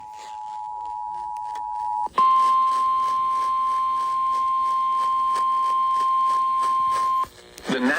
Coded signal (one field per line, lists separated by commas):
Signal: Emergency Alert System (SAME) tones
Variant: 853 and 960 Hz attention tone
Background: speech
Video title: EAS #2083 Severe Thunderstorm Warning on WZOK